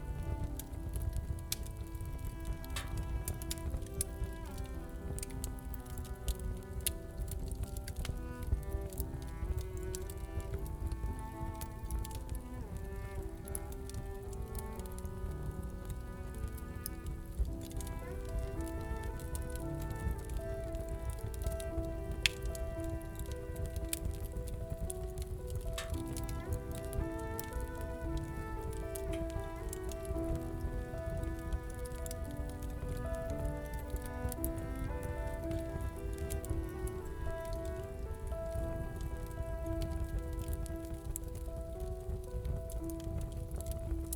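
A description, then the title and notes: A fireplace crackles with dense, constant small pops under gentle sustained music with slowly shifting tones and a steady low rumble throughout. Fall asleep with the sound of a fireplace accompanied by beautiful music.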